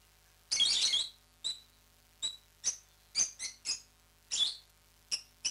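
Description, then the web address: Rosy-faced lovebird with a grating screech followed by a quick, uneven run of about six shrill, squeaky chirps, then a second rasping screech. Described as singing. "popugai-nerazluchniki -penie-nerazluchnikov. parrots agapornis-roseicollis"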